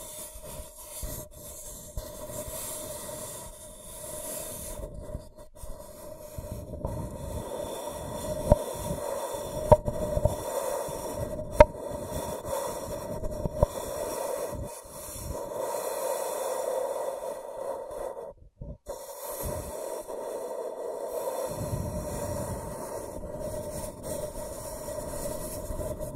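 Scratching and tracing, a continuous rough, rasping scrape that keeps a steady middle-pitched hum running underneath. Short clicks and sharper ticks pop out around 10 and 12 seconds, the strokes ease off briefly near 18 seconds, then the scraping resumes and carries on evenly.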